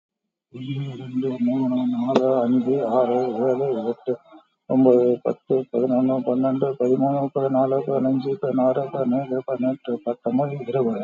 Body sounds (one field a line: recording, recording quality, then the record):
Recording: counting at a normal pace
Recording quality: excellent, no background noise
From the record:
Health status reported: COVID-19 positive, mild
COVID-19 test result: positive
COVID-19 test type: RT-PCR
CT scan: taken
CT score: 7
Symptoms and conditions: cough, cold, breathing difficulty, hypertension, diabetes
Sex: male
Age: 68 years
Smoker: no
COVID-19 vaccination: one dose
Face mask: worn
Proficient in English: yes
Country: India